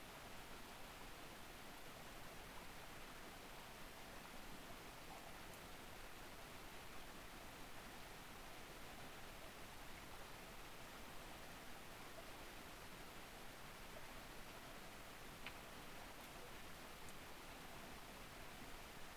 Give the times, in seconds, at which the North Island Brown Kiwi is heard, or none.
none